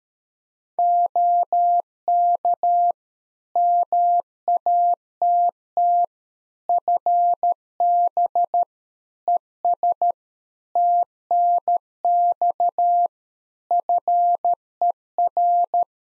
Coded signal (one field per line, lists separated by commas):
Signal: Morse code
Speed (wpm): 13 wpm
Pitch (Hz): 700 Hz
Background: none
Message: OK MATT FB ES TNX FER